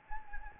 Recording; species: mosquito wingbeat signal from an infrared sensor; Anopheles gambiae